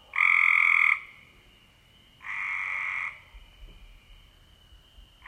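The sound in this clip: Cope's gray treefrog producing two short raspy trills, the first louder, separated by about a second of quiet with a thin background hum.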